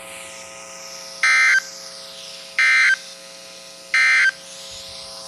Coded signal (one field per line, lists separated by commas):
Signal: Emergency Alert System (SAME) tones